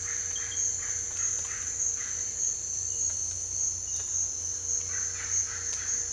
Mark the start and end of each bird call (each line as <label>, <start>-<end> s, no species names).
bird call, 0.00-2.52 s
bird call, 5.04-6.13 s